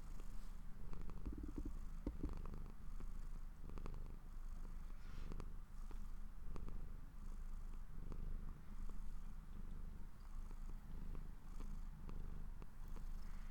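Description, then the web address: Domestic cat: low continuous purring with scattered soft clicks and ticks over the rumble. Owner's own pet cat, purring while falling asleep. "Popuppowerbombme My Cat Purring To Sleep"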